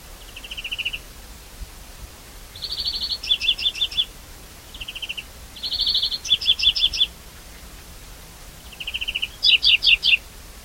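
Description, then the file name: European greenfinch repeating a sequence of a falling buzzy note, a dense twitter and a string of chirps twice, then a buzzy note and chirps, in about ten seconds. "Chloris chloris"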